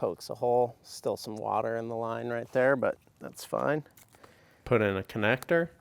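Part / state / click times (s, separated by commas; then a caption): barbed drip connector into drip irrigation mainline tubing / not seated / none. Someone talks while a hole is punched in polyethylene drip irrigation mainline tubing with some water still in the line, and a plastic barbed drip connector is readied to push into the fresh hole. Nothing has seated or clicked yet; the connector has not snapped home by the end of the clip.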